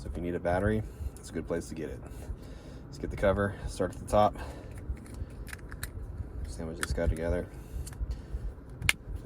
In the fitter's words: okay you'll hear kind of click and popping everything like that